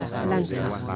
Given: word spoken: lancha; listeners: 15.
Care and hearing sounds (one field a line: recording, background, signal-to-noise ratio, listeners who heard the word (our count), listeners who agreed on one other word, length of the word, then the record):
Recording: one Spanish word in noise, from a listening test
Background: eight-talker babble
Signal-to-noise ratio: 1.0 dB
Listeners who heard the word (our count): 0 of 15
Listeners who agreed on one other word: 9 of 15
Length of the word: 0.56 s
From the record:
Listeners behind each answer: 9, 3, 1, 1, 1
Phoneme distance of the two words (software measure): 7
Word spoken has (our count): 2 syllables, 5 phonemes, stress on syllable 1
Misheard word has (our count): 2 syllables, 6 phonemes, stress on syllable 1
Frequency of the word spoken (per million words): 5.08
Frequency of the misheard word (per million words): 7.91